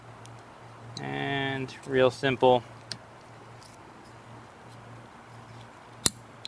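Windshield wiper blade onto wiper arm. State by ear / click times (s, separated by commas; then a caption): seated / 6.1 s. Someone talks while a new flat Valeo wiper blade is slid onto the wiper arm adapter of a VW MK7's windshield wiper. A sharp click sounds at 6.1 s as the blade locks into place and is installed, followed by a smaller tick at about 6.5 s.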